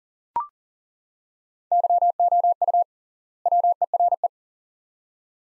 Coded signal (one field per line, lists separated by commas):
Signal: Morse code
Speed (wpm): 40 wpm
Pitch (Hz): 700 Hz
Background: none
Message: YOU WERE